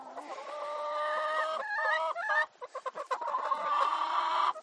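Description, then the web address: Chicken: several hens give long, wavering nasal calls and short stuttering clucks, overlapping in a steady, busy chorus. Many hens in a henhouse, with lots of cackling and squawking. "gallinas en el gallinero muchos cacareos y gritos"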